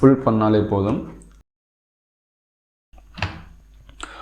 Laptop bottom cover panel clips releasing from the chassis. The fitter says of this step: So இப்போ எல்லா லாக்கையுமே எடுத்துட்டோம்.